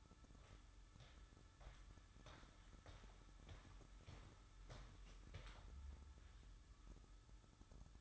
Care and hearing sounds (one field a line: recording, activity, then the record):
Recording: daily activity, microphone in the room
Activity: walk to room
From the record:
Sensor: 3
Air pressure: 1008.2 hPa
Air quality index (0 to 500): 133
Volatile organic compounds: 2 ppm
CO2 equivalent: 1101 ppm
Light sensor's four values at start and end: 11/26/10/10 and 11/26/10/10